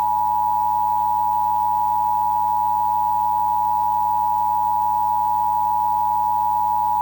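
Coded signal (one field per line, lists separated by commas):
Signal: Emergency Alert System (SAME) tones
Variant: 853 and 960 Hz attention tone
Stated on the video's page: Fictional EAS scenario of a worst-case Illinois tornado outbreak.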